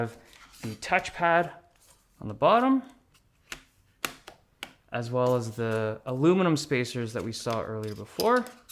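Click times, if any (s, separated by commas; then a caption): none. A laptop input module, the touchpad on the bottom along with the aluminum spacers, is handled as it goes into the laptop chassis, where it is held by magnets before being pushed up and locked in by a plastic tab mechanism. Someone talks throughout, with a few short, sharp handling knocks between about 3.5 and 4.6 seconds. Nothing has seated or clicked into place yet.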